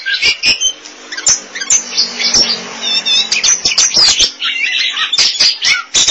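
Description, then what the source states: Oriental magpie-robin song, dense and fast, with high whistles, trills and squeaky notes pouring out almost without pause, broken by sharp clicking taps. Kacer song.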